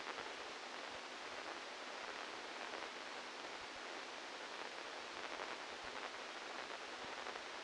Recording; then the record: brain microelectrode recording played as sound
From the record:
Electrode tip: outside the subthalamic nucleus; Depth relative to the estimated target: -3 mm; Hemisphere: left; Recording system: NeuroSet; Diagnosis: Parkinson's disease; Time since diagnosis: 12 years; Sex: male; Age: 61 years